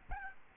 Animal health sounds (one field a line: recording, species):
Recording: mosquito wingbeat signal from an infrared sensor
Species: Aedes albopictus